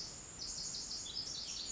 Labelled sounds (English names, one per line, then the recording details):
Pacific Wren
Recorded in Sonoma County, California